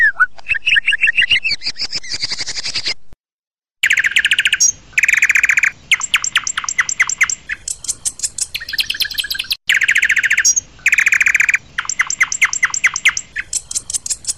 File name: murai batu kreasi om bp. omkicau